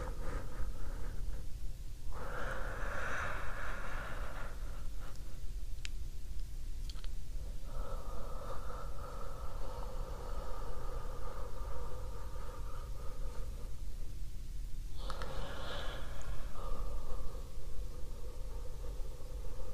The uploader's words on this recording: ASMR Deep Breathing. Sounds kind of similar to sleeping, but without the snoring.